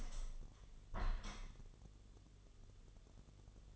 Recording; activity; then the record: daily activity, microphone in the room; open window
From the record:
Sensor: 4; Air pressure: 1015.8 hPa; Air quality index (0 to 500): 121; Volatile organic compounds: 3 ppm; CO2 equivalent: 1361 ppm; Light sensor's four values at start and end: 9/20/8/7 and 9/20/8/7